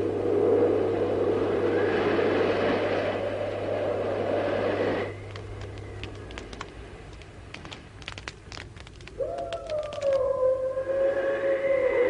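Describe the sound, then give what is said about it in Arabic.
Wolves howl in long, wavering tones; a steady drawn-out cry with rumbling noise beneath gives way to quieter scattered clicks, then a new rising howl swells up near the end. “أوه الذئاب، يجب أن نشعل النار طيلة الليل.”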